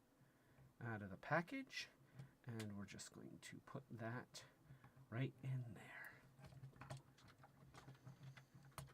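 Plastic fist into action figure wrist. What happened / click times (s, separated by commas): The plastic part is being handled but has not yet snapped home / none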